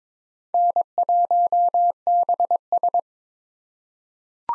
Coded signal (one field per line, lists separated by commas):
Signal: Morse code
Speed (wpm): 22 wpm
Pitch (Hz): 700 Hz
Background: none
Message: N1BS